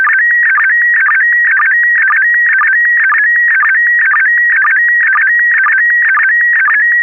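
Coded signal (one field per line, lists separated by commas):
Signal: SSTV (slow-scan television)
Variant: PD120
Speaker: this is going out PD 120.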